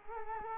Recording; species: mosquito wingbeat signal from an infrared sensor; Culex quinquefasciatus